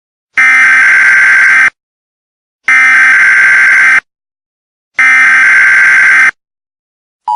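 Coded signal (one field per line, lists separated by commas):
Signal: Emergency Alert System (SAME) tones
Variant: header bursts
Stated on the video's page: Fictional EAS scenario of a terrorist attack on the United States.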